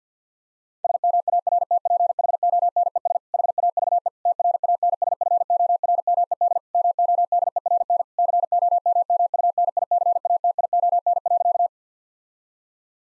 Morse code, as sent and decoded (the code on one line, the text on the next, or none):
... -- .- .-. - .--. .... --- -. . ... / .... .- ...- . / - .-. .- -. ... ..-. --- .-. -- . -.. / -- --- -.. . .-. -. / -.-. --- -- -- ..- -. .. -.-. .- - .. --- -. .-.-.-
SMARTPHONES HAVE TRANSFORMED MODERN COMMUNICATION.